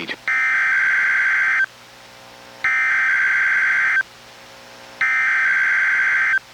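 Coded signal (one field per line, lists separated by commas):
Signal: Emergency Alert System (SAME) tones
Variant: header bursts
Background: speech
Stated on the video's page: NWR Required Weekly Test from NWS Portland relayed by KEC91 Astoria, recorded from a Reecom R-1630 weather radio into a Zoom H1 recorder.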